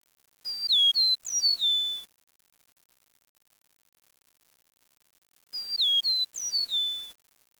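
Bird call phrases of clear downward-sliding whistles in quick pairs, the whole phrase given twice, about five seconds apart, with quiet between.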